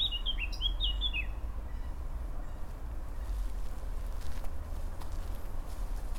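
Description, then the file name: Eurasian blackcap song, one short burst of quick warbling notes at the start, then only a low continuous rumble. "Sylvia atricapilla"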